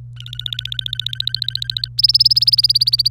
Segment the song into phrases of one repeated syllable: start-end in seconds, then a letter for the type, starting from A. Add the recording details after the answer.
0.16-1.88 A, 1.98-3.08 B. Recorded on 25 April 2018 at 17:44. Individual llb3